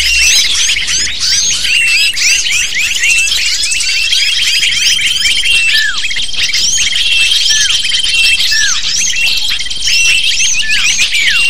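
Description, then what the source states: Shrill lovebird flock calls pour out nonstop, overlapping high squeaky chirps with brief falling notes and a steady thin whistle in the background. Lure recording (pikat) used to attract lovebirds.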